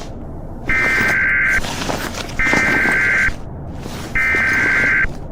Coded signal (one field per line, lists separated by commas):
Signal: Emergency Alert System (SAME) tones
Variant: header bursts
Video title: Nuclear First Strike EAS Scenario/Ambience/Audio Experience